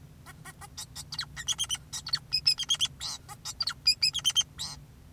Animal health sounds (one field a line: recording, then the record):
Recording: song of a male Bengalese finch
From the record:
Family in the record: son of father 2, and himself father 4